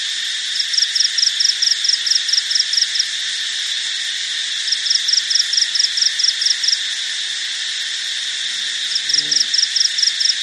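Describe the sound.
Cricket trilling in regular bursts of rapid, bright pulses every few seconds above a steady insect chorus; a short low sound is heard toward the end.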